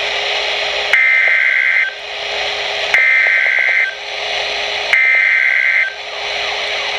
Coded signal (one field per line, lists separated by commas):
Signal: Emergency Alert System (SAME) tones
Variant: header bursts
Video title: Severe T-Storm Warning (EAS #1,165)